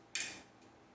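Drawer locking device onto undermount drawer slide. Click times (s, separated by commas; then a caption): 0.1 s. A drawer is slid onto its undermount drawer slides for the first time and pushed until the locking device under the drawer catches the slide. One sharp, loud click is heard at 0.15 s, and its bright ring fades over about a quarter second. The drawer is locked onto the slide.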